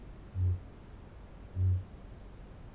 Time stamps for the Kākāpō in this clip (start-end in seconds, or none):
0.10-2.75